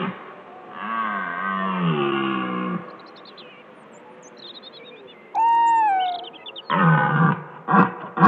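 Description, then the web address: Red deer roar, a long drawn-out guttural bellow, then a high whistled tonal call and several short rough grunting bursts near the end. "jagdlehr sound rothirsch"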